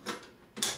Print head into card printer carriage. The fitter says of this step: it snaps into place close the cover and you're ready to print